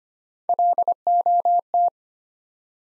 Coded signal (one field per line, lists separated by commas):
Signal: Morse code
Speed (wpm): 25 wpm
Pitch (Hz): 700 Hz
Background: none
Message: LOT